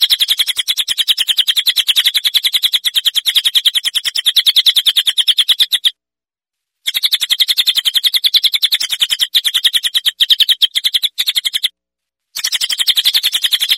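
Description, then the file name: Common iora song: a long, rapid chatter of high, repeated chirps at a fast, steady rate, broken by two short silent gaps. "cililin omkicau"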